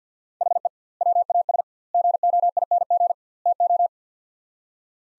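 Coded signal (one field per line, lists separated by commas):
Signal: Morse code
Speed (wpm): 50 wpm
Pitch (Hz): 700 Hz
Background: none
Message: HE WAS GOING TO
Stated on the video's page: Morse practice of four-word sets at 50 wpm with 2x word spacing, a Farnsworth-like method applied to words.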